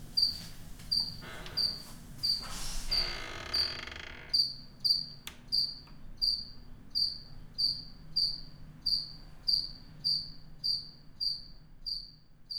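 A cricket chirps steadily in high, bright pulses repeating about twice a second, with a brief rustling noise early on and a low background hum underneath.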